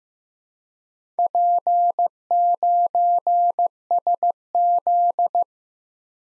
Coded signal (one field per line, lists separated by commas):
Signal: Morse code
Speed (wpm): 15 wpm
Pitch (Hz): 700 Hz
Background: none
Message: P9SZ